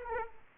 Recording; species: mosquito wingbeat signal from an infrared sensor; Aedes aegypti